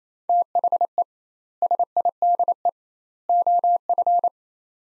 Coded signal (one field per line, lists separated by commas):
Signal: Morse code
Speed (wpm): 27 wpm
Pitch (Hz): 700 Hz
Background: none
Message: THE SIDE OF